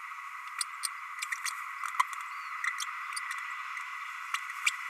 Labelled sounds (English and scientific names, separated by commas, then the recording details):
Green-rumped Parrotlet (Forpus passerinus) babbling
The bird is a male
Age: 30 days
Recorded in a nest box in Venezuela
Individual 17B32A6